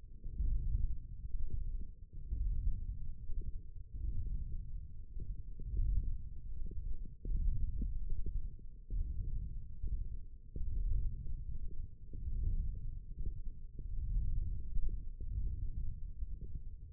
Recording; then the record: forearm muscle sounds (acoustic myography)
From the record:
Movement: wrist extension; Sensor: system 1, eight BSWA MPA416 microphones around the upper forearm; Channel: 4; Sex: male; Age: 18 years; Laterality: right